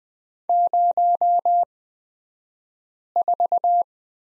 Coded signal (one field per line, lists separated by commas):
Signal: Morse code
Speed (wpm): 20 wpm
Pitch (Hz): 700 Hz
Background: none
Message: 04